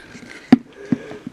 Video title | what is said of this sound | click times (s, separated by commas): (S-3 Ep-15) DIY Well Water Filter Change (FREE Check List!) | I'm trying to hold the camera with one hand and do this in the other it just pops into place like that | 0.5 s